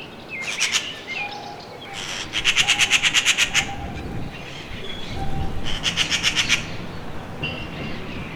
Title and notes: garsa. se da un paseo por la copa del pino que tengo delante de mi balcón. suba hasta lo alto de la rama más alta para avisar a todo el mundo que allí está. Es una urraca común